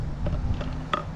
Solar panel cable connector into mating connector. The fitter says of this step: slide it onto your connector that kind of locks in